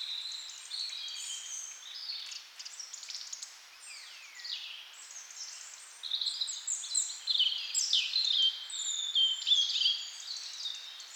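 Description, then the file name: Birds singing continuously, many high warbling, whistled and chirping phrases overlapping, growing busier and louder toward the end. "melodiez vogels"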